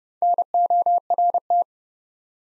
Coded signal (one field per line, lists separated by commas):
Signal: Morse code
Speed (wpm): 30 wpm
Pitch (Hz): 700 Hz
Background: none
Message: NORT